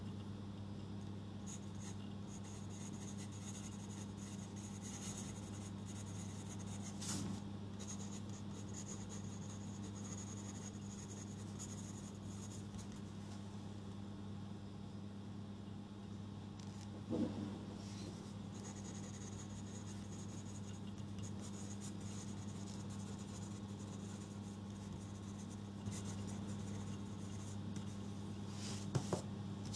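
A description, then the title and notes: Pen or pencil scratches across paper as notes are rewritten, a soft, fairly continuous scribbling with brief pauses. A steady low hum runs underneath throughout. A few sharper taps or clicks stand out around 7, 17 and near the end. Going through my notes and re-writing stuff.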